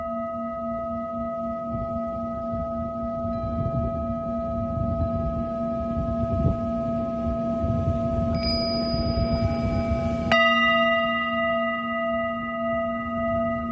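A singing bowl hums with a low steady drone and layered ringing tones, a bright new strike entering near ten seconds over soft rumble.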